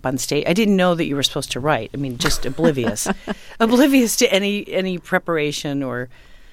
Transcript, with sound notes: I didn't know that you were supposed to write - I mean, just oblivious.
(Laughter).
...Oblivious to any preparation or